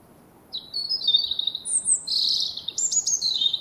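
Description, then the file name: European robin singing thin, high whistled phrases that leap between pitches and break into quick trills, running for about three seconds over a quiet background. "Erithacus rubecula"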